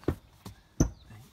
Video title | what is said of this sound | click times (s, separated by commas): Vervangen gordelslot linksachter VW EOS 2007, inclusief verwijderen van de achterbank. | nu zit hij vast | 0.8 s